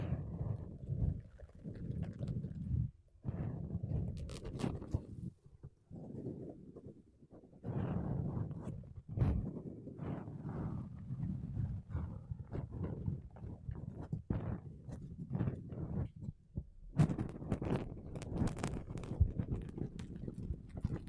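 Makeup brushes and a sponge rub over a microphone in uneven strokes, making low, soft swishing and muffled thumping that comes in bursts of a second or two. Brief silent gaps separate the passes, and sharper brush flicks add occasional bright scratches, especially near the end.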